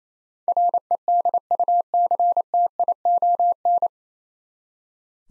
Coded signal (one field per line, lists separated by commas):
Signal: Morse code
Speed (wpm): 28 wpm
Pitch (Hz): 700 Hz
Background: none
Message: REDUCTION